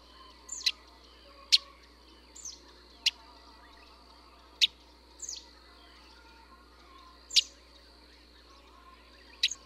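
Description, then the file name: Russet sparrow giving sharp, high chirps, single notes spaced irregularly, often a second or more apart, over a steady low hum. "山麻雀"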